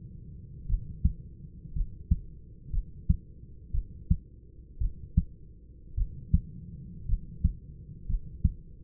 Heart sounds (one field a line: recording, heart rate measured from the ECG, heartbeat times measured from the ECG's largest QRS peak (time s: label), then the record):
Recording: heart sounds by stethoscope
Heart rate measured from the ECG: 57 bpm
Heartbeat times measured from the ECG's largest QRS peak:
0.67 s: heartbeat
1.73 s: heartbeat
2.71 s: heartbeat
3.72 s: heartbeat
4.79 s: heartbeat
5.95 s: heartbeat
7.06 s: heartbeat
8.07 s: heartbeat
From the record:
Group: healthy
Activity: rest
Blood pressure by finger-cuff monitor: 116/56 mmHg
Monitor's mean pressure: 76 mmHg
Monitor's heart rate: 56 bpm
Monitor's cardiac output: 5.7 L/min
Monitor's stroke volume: 102 mL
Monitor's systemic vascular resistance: 970 dyn s/cm5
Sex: male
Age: 25 years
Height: 170 cm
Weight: 70.4 kg